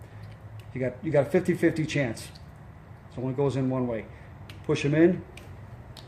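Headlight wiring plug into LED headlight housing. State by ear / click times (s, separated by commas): seated / 6.0 s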